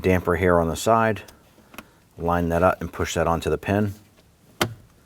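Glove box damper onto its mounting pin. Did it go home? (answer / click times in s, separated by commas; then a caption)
yes / 4.6 s. On a 2017-2020 Hyundai Elantra, the glove box damper arm is lined up and pushed onto its pin on the side of the plastic glove box while someone talks. It snaps on with one sharp click at 4.6 s, and the damper is seated.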